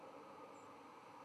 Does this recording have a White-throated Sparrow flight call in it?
yes